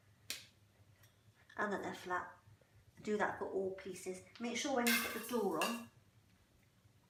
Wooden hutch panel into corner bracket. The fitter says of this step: making sure they click in place like that and that